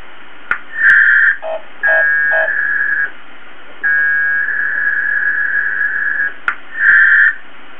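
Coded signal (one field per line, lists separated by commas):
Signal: packet radio (AX.25, as in APRS)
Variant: 1200 baud AFSK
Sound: five short bursts of buzzy warbling data tones, separated by gaps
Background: radio hiss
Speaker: we're in converse mode so here we go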